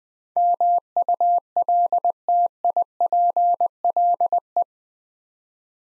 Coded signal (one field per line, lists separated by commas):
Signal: Morse code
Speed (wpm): 21 wpm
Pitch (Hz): 700 Hz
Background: none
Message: MULTIPLE